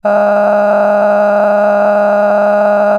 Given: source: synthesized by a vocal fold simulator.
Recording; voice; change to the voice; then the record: sustained vowel; female; cycle-to-cycle stiffness perturbation (roughness), level 8 of 10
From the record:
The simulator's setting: 5.22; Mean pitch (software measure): 206 Hz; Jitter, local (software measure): 2.23%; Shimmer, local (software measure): 18.3%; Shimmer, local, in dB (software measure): 1.60 dB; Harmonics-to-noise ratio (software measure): 12.0 dB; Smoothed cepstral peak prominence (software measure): 14.3 dB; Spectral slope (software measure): -21.8 dB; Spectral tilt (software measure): -11.8 dB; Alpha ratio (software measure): -12.3 dB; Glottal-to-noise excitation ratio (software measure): 0.946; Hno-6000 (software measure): 2.3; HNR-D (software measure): 31.9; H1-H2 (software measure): 6.6 dB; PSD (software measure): 1.0e-04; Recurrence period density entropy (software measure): 0.114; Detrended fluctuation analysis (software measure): 0.0289